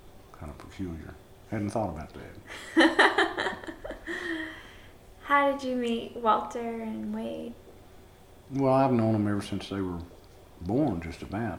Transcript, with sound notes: Kind of peculiar. Hadn’t thought about that. [laughter]
How did you meet Walter and Wade?
Well I’ve known them ever since they were born, just about.